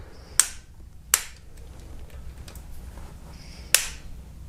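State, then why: Torque reached. A click-type torque wrench set to about 10.5–11 Nm (within the 9.8–11.8 Nm spec) tightens timing chain and timing cover bolts on a Hyundai Santa Fe engine. Three sharp, bright clicks ring out at 0.4, 1.1 and 3.8 seconds over a low background hum, with a few faint soft ticks in between. Each click confirms the wrench has reached its set torque.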